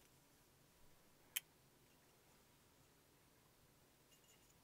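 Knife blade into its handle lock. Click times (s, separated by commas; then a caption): 1.4 s. The spring-driven blade of an automatic knife is retracted into its handle, and a single sharp click is heard at 1.4 s as the blade locks back in. The rest of the clip is quiet, with only faint soft sounds. The strong, reliable spring seats the blade firmly.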